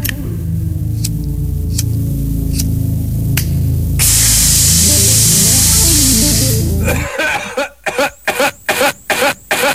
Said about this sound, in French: Le briquet.